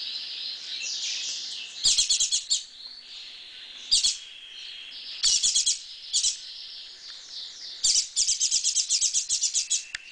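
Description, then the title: Double-collared seedeater song: bright, high, rapid twittering phrases in several bursts, the last one longest, with softer twittering between them. "Canto Coleiro"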